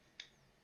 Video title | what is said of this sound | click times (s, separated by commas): VIDEO REVIEW: Transformers Studio Series ROTB - Voyager Class Rhinox | not too much soon yep just fold that right in let's snap into place got that going and | 0.2 s